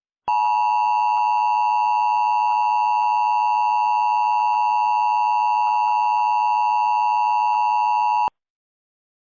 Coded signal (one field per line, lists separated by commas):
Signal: Emergency Alert System (SAME) tones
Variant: 853 and 960 Hz attention tone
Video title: EAS Recreation (3/5/25): PSA Message (CDW)